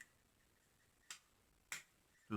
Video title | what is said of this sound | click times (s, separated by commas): Huztl MS440 an overview of the build and First Start | me put my cap in here real fast just pull it until it snaps | 1.7 s